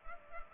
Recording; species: mosquito wingbeat signal from an infrared sensor; Culex pipiens